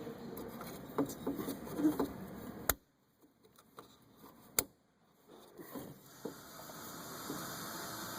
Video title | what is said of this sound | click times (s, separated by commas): Fuel filter replacement 2006 Ford Freestar 2007 2008 Install, remove or replace | Push it until it clicks. That's really all you can do up there. | 2.7 s, 4.6 s